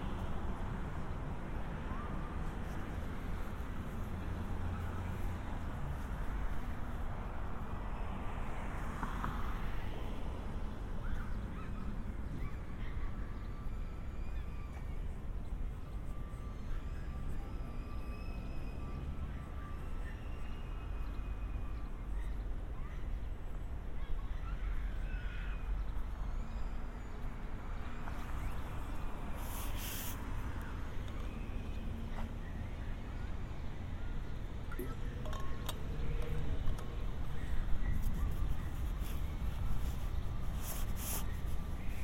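A binaural walk through San Diego with a steady low traffic rumble, faint voices, brief sharp clatters near 10 and 30 seconds, growing louder toward the end.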